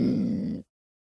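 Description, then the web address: Cougar growling: one low, rough, rumbling growl lasting under a second, then silence. Long growl and snarl. "animal cougar long growl and snarl"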